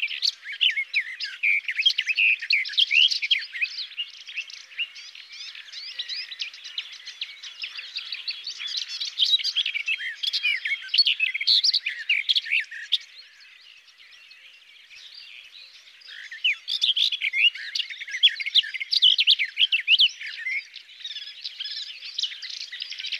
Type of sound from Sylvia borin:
song